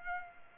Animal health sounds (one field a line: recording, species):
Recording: mosquito wingbeat signal from an infrared sensor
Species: Culex pipiens